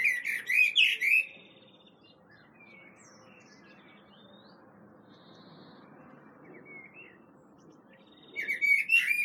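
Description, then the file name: Common blackbird with short bursts of song and high twittering at the start and again at the end, with a long quiet stretch between holding faint notes. "Turdus merula"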